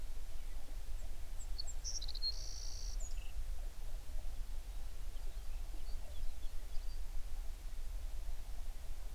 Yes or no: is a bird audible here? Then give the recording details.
yes. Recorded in the Prudhoe Bay oil fields, Alaska, on 11 June 2019 at 04:50. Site 21